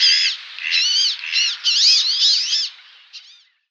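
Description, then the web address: Wood duck display calls, a run of squealing, arched whistles in close succession for nearly three seconds, then a single short note. Male wood duck display. "Schulze Peter Wood Duck male display"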